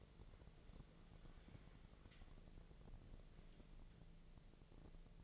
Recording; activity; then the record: daily activity, microphone in the room; wipe stove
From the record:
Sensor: 4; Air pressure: 1001.3 hPa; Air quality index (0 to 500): 184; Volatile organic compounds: 3 ppm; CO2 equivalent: 1318 ppm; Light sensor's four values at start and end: 13/29/12/12 and 13/29/12/12